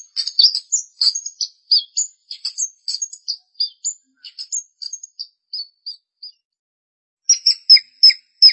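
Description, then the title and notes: Long-tailed shrike song, a lively high twittering medley, a pause, then a short run of repeated sharp high notes. "Pentet 201703. Suara burung pentet"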